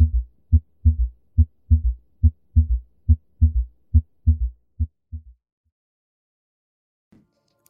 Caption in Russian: Аускультация Сердца.